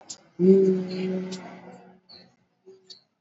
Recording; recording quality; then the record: sustained vowel as in beet; moderate, slight background noise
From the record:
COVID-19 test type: RT-PCR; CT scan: not taken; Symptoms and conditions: cough, cold, fever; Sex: male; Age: 27 years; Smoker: no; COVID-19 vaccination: both doses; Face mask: worn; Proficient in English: yes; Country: India